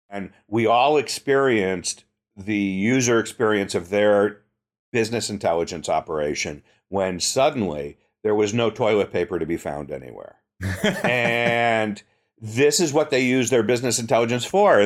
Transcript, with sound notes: And we all experienced the user experience of their business intelligence operation when suddenly there was no toilet paper to be found anywhere. [laugh] And this is what they use their business intelligence for.